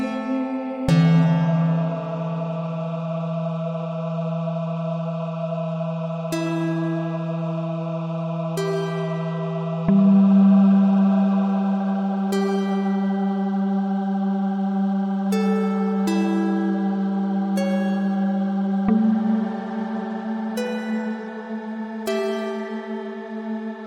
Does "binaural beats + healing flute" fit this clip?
yes